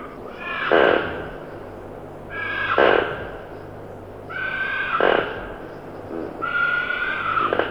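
Hyrax calls: four harsh squealing bursts roughly every two seconds, each with a sharp clap-like accent, over a low steady hum.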